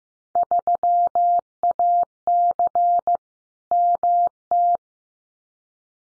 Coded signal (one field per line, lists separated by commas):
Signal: Morse code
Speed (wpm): 15 wpm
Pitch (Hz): 700 Hz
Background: none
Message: 3AC MT